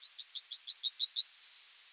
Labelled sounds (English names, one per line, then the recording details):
Yellowhammer song
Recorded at under 5 m from the bird
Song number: 129